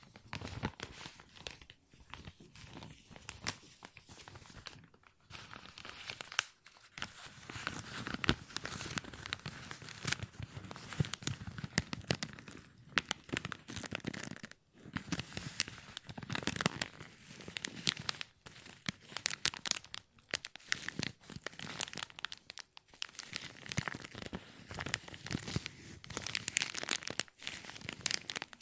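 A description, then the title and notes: Plastic being crinkled and handled, a dense run of sharp crackles and rustles that spans from low to very bright. The crinkling is busy and uneven, with brief near-silent pauses around 2, 6.5, 14.5 and 23 seconds before it resumes in bursts. ASMR Plastic Crinkle No Talking.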